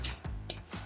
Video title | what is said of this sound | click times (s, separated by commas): VIBRELLI TORQUE WRENCH INSTRUCTIONAL VIDEO v2 | with your thumb and push it rather with your thumb until you hear a click | 0.5 s